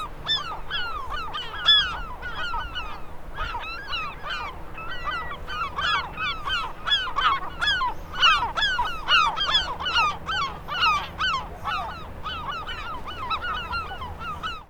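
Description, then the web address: Gulls calling in a busy, overlapping chorus of harsh, downslurred mewing notes. "seagulls"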